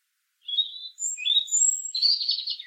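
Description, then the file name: European robin song phrase: clear high whistled notes at shifting pitches, then a rapid tinkling trill, all crisp against a silent background. "Erithacus rubecula"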